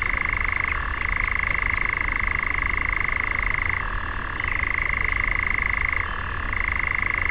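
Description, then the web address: European nightjar churring: a long, continuous, rapid mechanical trill that drops briefly to a lower pitch three times before resuming, over a steady low background hiss. "caprimulgus europaeus call"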